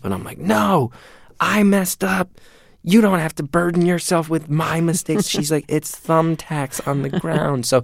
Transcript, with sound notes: And I'm like, no, I messed up. You don't have to burden yourself with my mistakes. (Laughter) She's like, it's thumbtacks on the ground.